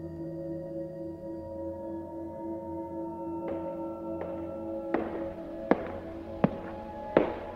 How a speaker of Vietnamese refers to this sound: Bất giác nó rùng mình bởi nó lại nghe tiếng bước chân vang lên.